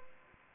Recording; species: mosquito wingbeat signal from an infrared sensor; Aedes aegypti